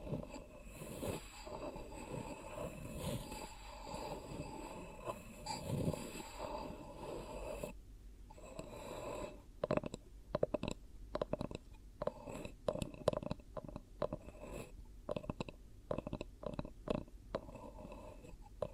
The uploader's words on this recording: ASMR 10 Hypnotic Triggers Around Your Head and Ears (No Talking).